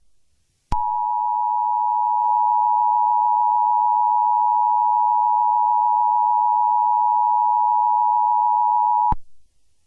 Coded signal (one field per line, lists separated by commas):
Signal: Emergency Alert System (SAME) tones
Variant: 853 and 960 Hz attention tone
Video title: EAS Scenario- Fire Weather Outbreak